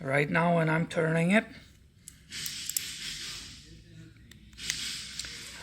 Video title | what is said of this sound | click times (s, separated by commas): Toyota Lexus Vehicle Speed Sensor Repair | yeah now it's seated perfectly | 4.7 s